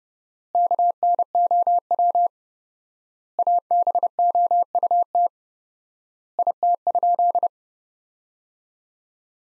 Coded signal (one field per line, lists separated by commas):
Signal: Morse code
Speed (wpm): 32 wpm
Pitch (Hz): 700 Hz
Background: none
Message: KNOW ABOUT IT?